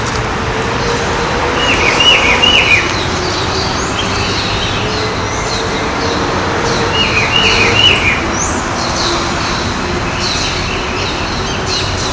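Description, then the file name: Rufous-browed peppershrike singing two short warbling phrases about five seconds apart, while other birds twitter higher up over steady low background noise. Ibirapuera Park, São Paulo, Brazil; dated 30-10-12. "Cyclarhis-gujanensis-Ibirapuera Park-SP-Brazil-30-10-12-ASilveira"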